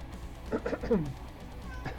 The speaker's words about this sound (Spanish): Espero que lo escuchen a mi gatito. Él siempre participa. Él, la más divina, ¿quién más? El Kekisio. Son mis gatitos, siempre están aquí queriendo participar en los podcasts.